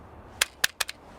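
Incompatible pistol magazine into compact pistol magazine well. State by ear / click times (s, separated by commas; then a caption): not seated / none. A P-07 pistol magazine is pushed into the grip of a P10C compact pistol, knocking sharply in the magazine well at about 0.4, 0.6, 0.8 and 0.9 seconds. The magazine does not lock in, because it lacks the front notch that the P10C's ambidextrous magazine release needs. Nothing has seated or clicked yet.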